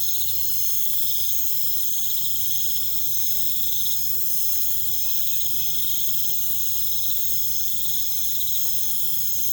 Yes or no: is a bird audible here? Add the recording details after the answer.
no. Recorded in pastures near Puerto Asís, Putumayo, Colombia, on 22 December 2024 at 23:30. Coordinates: 0.472, -76.329. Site G072